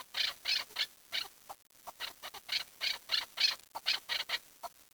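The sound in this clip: Bird calls, short harsh chattering notes in quick irregular bursts, with brief pauses between groups.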